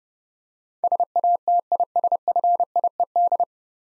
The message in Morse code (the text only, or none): SATISFIED